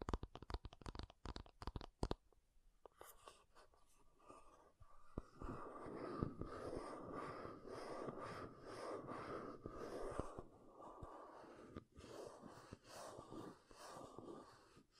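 Quick sharp taps on makeup open the clip, then give way to dense, rough scratching that runs steadily with brief pauses near ten and twelve seconds.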